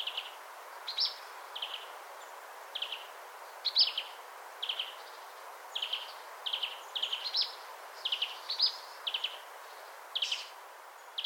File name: Poecile palustris